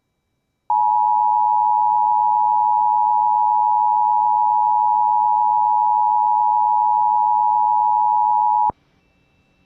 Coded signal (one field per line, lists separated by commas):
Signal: Emergency Alert System (SAME) tones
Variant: 853 and 960 Hz attention tone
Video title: EAS #400 IS HERE EAS Alerts From 3/24/21 (EAS #395-405)